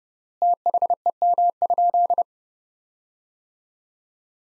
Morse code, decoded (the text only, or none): THEM?